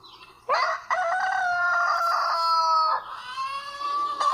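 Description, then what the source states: Rooster crowing: a loud, long drawn-out crow held steadily, then a second, lower phrase. One of several random rooster crow samples showing differences between roosters.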